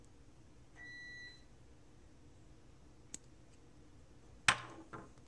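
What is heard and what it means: A crimped metal contact on a small-gauge wire is pushed into a plastic Anderson Powerpole power connector housing with a flathead screwdriver or punch until the contact's lip snaps over the spring. A faint steady tone plays around 0.8–1.3 s and a small tick comes at 3.1 s, then a sharp, loud click at 4.5 s with a short ringing tail and a softer knock at 4.9 s. The contact is seated in the housing.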